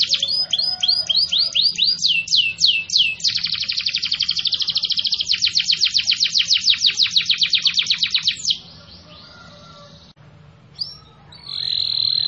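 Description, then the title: Canary song opening with quick descending sweeps, then a long rapid rattling trill lasting several seconds, a short pause, and a final steady whistled note. Title describes the canary as singing vigorously and persistently (gacor). "Kenari Gacor"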